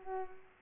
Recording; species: mosquito wingbeat signal from an infrared sensor; Culex pipiens